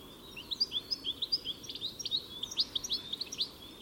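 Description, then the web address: Bird calls as a steady run of many short, high, sweeping chirps over a faint background hiss. "cianscape birddata Deverinetal 2025 Bird Only Ca Ca Ca Ca"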